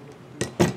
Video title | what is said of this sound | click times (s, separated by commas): SpeedyBee & Flycolor Build Part II | these little lock nuts on the top you'll hear them snap in | 0.4 s